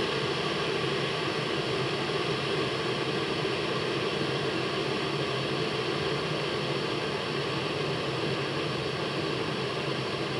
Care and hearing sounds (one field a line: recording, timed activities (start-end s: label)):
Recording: household activities, microphone on the right wrist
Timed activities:
0.00-10.40 s: making tea